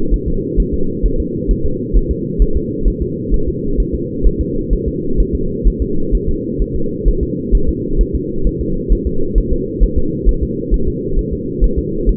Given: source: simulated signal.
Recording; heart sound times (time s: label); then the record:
fetal heart sounds
0.14 s: S1
0.28 s: S2
0.60 s: S1
0.74 s: S2
1.06 s: S1
1.20 s: S2
1.51 s: S1
1.66 s: S2
1.97 s: S1
2.11 s: S2
2.42 s: S1
2.57 s: S2
2.88 s: S1
3.02 s: S2
3.34 s: S1
3.48 s: S2
3.80 s: S1
3.95 s: S2
4.26 s: S1
4.41 s: S2
4.73 s: S1
4.88 s: S2
5.20 s: S1
5.35 s: S2
5.67 s: S1
5.82 s: S2
6.15 s: S1
6.29 s: S2
6.62 s: S1
6.76 s: S2
7.08 s: S1
7.23 s: S2
7.55 s: S1
7.69 s: S2
8.01 s: S1
8.15 s: S2
8.47 s: S1
8.61 s: S2
8.93 s: S1
9.07 s: S2
9.38 s: S1
9.53 s: S2
9.84 s: S1
9.98 s: S2
10.29 s: S1
10.43 s: S2
10.74 s: S1
10.88 s: S2
11.19 s: S1
11.33 s: S2
11.64 s: S1
11.78 s: S2
12.09 s: S1
From the record:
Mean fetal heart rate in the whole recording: 130 bpm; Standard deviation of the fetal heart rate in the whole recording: 2 bpm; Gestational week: 36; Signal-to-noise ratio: -8.1 dB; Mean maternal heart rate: 72 bpm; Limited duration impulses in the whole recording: absent